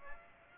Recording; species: mosquito wingbeat signal from an infrared sensor; Aedes aegypti